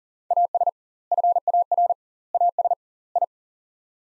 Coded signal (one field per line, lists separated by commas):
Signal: Morse code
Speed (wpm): 40 wpm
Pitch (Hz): 700 Hz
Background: none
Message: AS FAR AS I